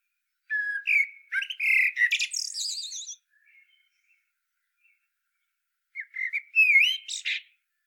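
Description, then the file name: Common blackbird sings two phrases: a flowing fluted warble ending in a wavering, high-pitched squeaky trill, then a pause and a shorter warbled phrase. "Turdus merula"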